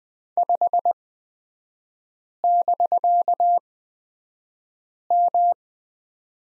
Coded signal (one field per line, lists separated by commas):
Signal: Morse code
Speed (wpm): 20 wpm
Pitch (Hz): 700 Hz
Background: none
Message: 5<BK>M